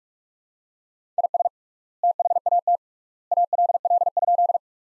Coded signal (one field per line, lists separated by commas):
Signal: Morse code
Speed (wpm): 42 wpm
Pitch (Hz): 700 Hz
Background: none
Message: IS THAT ALL?